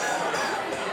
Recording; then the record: coughing mixed with background sound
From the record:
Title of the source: Spring Cold Coughing 2